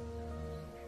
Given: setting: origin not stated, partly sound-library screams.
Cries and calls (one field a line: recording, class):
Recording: one-second piece from a danger detection set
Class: normal situation